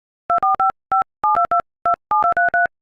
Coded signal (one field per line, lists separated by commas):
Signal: DTMF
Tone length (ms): 120 ms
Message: 24557222723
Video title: Pirates of the Caribbean theme song on iPhone keypad